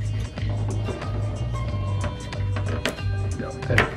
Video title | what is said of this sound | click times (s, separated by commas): Schwinn 170 Upright Bike Assembly & Review | I heard it like snap, like click. | 2.9 s, 3.8 s